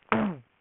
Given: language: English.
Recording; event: throat vibration sensor signal played as sound; throat clearing